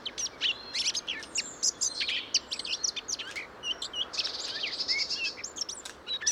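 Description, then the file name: Eurasian blackcap with sharp high chirps and short whistled phrases, partly over a thin buzzy trill. "Sylvia atricapilla"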